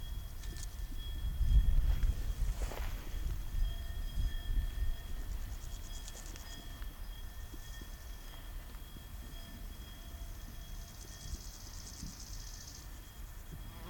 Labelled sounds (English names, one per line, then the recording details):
Bow-winged Grasshopper stridulation
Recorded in the wild
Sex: male
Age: imago
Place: Tüchersfeld, Fränkische Schweiz, Bayern, DE
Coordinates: 49.72, 11.07
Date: 1995-09-05 12:07
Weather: wechselnd, sonnig, 15,2°C
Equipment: Nagra SN, Sennheiser ME 80, Kopie Uher 4000 Report Monitor
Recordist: Tembrock, Günter